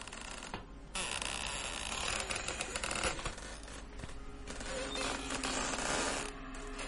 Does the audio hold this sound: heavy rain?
no